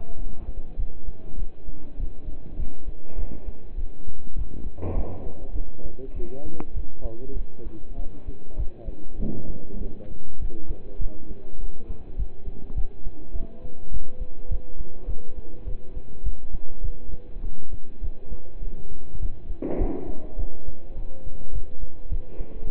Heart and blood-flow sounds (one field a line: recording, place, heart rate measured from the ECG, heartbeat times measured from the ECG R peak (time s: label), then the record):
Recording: heart sounds by stethoscope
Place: between the tricuspid and mitral areas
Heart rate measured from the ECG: 101 bpm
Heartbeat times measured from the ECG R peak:
0.18 s: heartbeat
0.79 s: heartbeat
1.39 s: heartbeat
1.99 s: heartbeat
2.59 s: heartbeat
3.18 s: heartbeat
3.78 s: heartbeat
4.37 s: heartbeat
4.96 s: heartbeat
5.55 s: heartbeat
6.15 s: heartbeat
6.76 s: heartbeat
7.36 s: heartbeat
7.98 s: heartbeat
8.59 s: heartbeat
9.20 s: heartbeat
9.81 s: heartbeat
10.41 s: heartbeat
11.01 s: heartbeat
11.60 s: heartbeat
12.18 s: heartbeat
12.77 s: heartbeat
13.35 s: heartbeat
13.93 s: heartbeat
14.51 s: heartbeat
15.08 s: heartbeat
15.67 s: heartbeat
16.25 s: heartbeat
16.84 s: heartbeat
17.44 s: heartbeat
18.03 s: heartbeat
18.62 s: heartbeat
19.22 s: heartbeat
19.80 s: heartbeat
20.38 s: heartbeat
20.97 s: heartbeat
21.54 s: heartbeat
22.11 s: heartbeat
22.68 s: heartbeat
From the record:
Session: pedaling a stationary bicycle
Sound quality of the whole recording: partially saturated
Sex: male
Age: 27 years